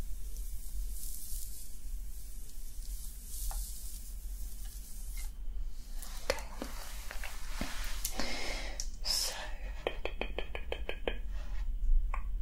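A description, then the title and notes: Scalp treatment and hair play, opening with soft hissing sprays and gentle rustling over a steady low hum. After about six seconds, crisp scratching and crackling strokes take over, ending in a quick, regular run of brushing scratches. ASMR Relaxing Scalp Treatment, Massage + Hair Play for Sleep personal attention roleplay.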